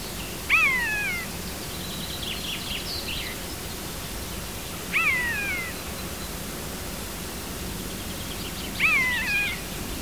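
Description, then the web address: Common buzzard repeats a plaintive downslurred mew three times, about every four seconds, with soft twittering of another bird between calls and a light hiss throughout. "chant xeno-canto buse variable"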